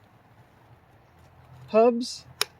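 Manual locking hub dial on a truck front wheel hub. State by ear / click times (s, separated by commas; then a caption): seated / 2.4 s. Someone briefly talks, then the dial of a manual locking front hub on a burnt-up, busted 4x4 Ford Bronco II truck with classic 1985 styling is turned by hand. Its metal detent snaps into the locked position with a single sharp click at 2.4 s over a low background rumble. The hub is seated and locked.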